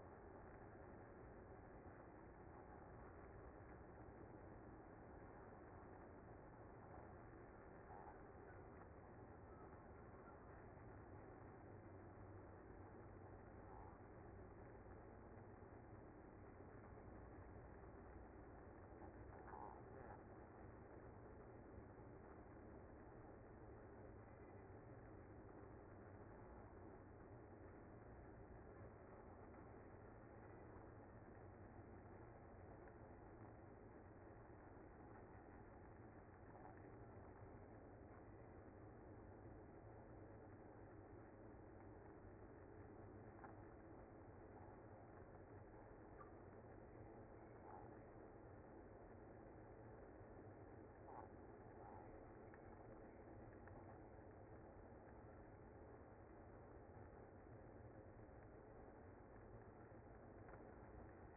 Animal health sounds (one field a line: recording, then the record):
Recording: honeybee colony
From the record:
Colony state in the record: active